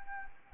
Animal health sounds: mosquito wingbeat signal from an infrared sensor; Anopheles arabiensis

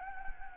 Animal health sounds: mosquito wingbeat signal from an infrared sensor; Anopheles gambiae

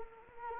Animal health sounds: mosquito wingbeat signal from an infrared sensor; Anopheles arabiensis

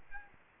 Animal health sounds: mosquito wingbeat signal from an infrared sensor; Aedes albopictus

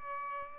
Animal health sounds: mosquito wingbeat signal from an infrared sensor; Culex pipiens

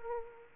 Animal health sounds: mosquito wingbeat signal from an infrared sensor; Aedes aegypti

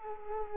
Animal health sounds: mosquito wingbeat signal from an infrared sensor; Culex quinquefasciatus

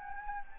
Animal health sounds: mosquito wingbeat signal from an infrared sensor; Anopheles gambiae

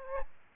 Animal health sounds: mosquito wingbeat signal from an infrared sensor; Aedes albopictus

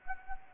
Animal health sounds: mosquito wingbeat signal from an infrared sensor; Anopheles gambiae

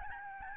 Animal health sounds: mosquito wingbeat signal from an infrared sensor; Aedes albopictus

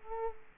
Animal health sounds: mosquito wingbeat signal from an infrared sensor; Culex quinquefasciatus

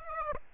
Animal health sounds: mosquito wingbeat signal from an infrared sensor; Aedes aegypti

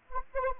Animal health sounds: mosquito wingbeat signal from an infrared sensor; Anopheles arabiensis

